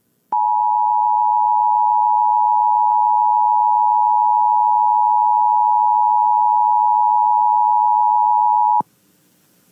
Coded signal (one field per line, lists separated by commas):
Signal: Emergency Alert System (SAME) tones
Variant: 853 and 960 Hz attention tone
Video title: Thankful Tests Tuesday (EAS #13971-13979) 11/21/23